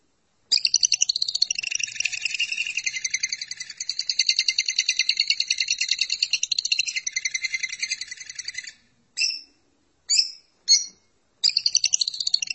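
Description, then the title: Lovebird song of long rapid chattering, then three brief sharp chirps, then the harsh chatter starts again. "BM Suara Burung Lovebird"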